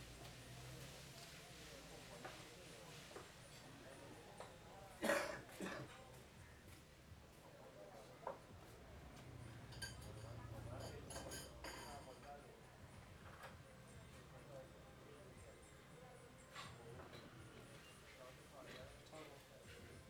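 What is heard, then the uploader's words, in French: Late lunch in a restaurant: steady murmur of voices, low rumble, and scattered clinks of dishes, with a sharp clatter around five seconds. Déjeuner tardif au Rest Point Restaurant. Le Rest Point Restaurant, à la devanture verte et qui ne paye pas de mine est devenu en quelques jours notre petit QG sur le lakefront de Pokhara. Ambiance du service de midi.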